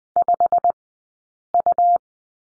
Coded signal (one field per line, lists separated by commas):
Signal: Morse code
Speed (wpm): 20 wpm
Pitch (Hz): 700 Hz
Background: none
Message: 5U